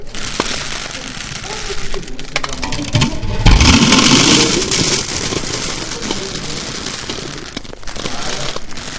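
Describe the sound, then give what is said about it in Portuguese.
Grains pour in a dense, continuous rattling patter that mimics falling rain, swelling louder and fuller midway before settling back into a steady hiss. “fazer uma ambiência de chuva.”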